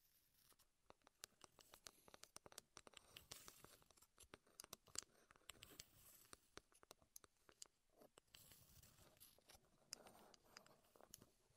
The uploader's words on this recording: ASMR Wood Triggers in Your Ears (No Talking).